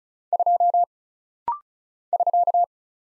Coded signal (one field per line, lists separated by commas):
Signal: Morse code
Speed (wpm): 36 wpm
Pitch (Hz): 700 Hz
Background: none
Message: 2 <SK>